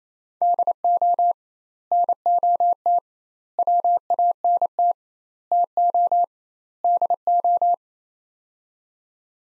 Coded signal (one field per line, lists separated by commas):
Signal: Morse code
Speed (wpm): 28 wpm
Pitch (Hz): 700 Hz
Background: none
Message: DO NOT WANT TO DO